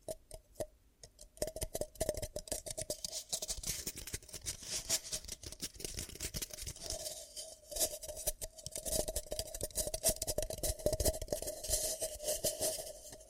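Ear cupping triggers make dense, rapid muffled rustling and patting, sparse for the first second then nearly continuous, with a faint steady tone underneath.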